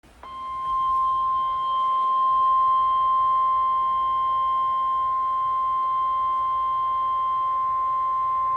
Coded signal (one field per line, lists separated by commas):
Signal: Emergency Alert System (SAME) tones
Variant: 1050 Hz attention tone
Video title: Severe Thunderstorm Warning (EAS #75)